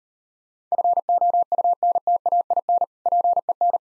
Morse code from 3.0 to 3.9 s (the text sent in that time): PEN